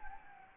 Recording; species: mosquito wingbeat signal from an infrared sensor; Anopheles gambiae